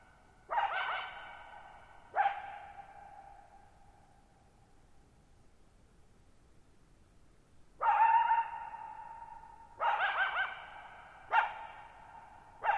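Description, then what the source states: Coyote barking in loud, harsh bursts with long echoing tails, two barks early then a cluster of four after a pause, in a very quiet setting. Lone coyote, night of July 14, 2019, Thirtymile Meadows, Okanogan National Forest, Pacific Northwest, 6400 ft; shallow-bowl meadow on dry high plateau, boggy ground, very low noise.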